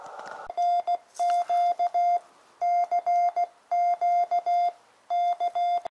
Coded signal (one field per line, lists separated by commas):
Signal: Morse code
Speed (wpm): 16 wpm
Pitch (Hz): 700 Hz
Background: none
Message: NQ CQ K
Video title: YouKits QRP Rig Listening ~ Outdoor Cooking ¬ MFJ Tuner